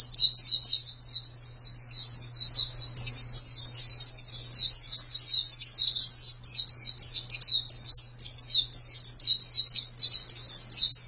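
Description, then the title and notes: White-eye song: a continuous, rapid stream of high, thin twittering notes, unbroken throughout, with a steady low hum underneath. "Suara kicauan burung pleci"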